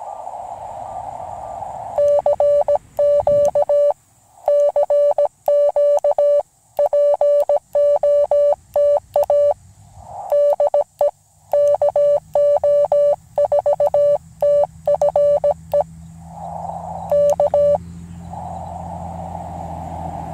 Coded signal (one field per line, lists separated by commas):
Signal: Morse code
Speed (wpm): 17 wpm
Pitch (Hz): 580 Hz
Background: none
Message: CQ CQ POTA DE KO4TFE K